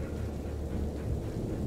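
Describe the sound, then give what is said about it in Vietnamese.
Thunder from lightning striking the ground rumbles low and steady beneath a constant wash of heavy rain, holding an even loudness throughout with no sharp break and no voices. “Từng tia chớp lóe sáng trên bầu trời, sau đó là tiếng sét đánh xuống nền đất như trợ giáng.”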